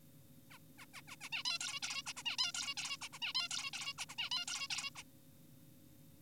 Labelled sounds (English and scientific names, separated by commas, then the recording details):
Zebra Finch (Taeniopygia guttata)
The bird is an adult
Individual g4p5U